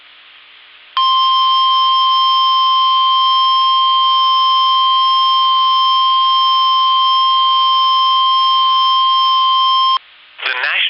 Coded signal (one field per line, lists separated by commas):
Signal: Emergency Alert System (SAME) tones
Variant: 1050 Hz attention tone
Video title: severe thunderstorm warning in oklahoma city EAS